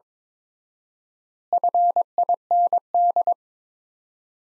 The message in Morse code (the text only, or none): FIND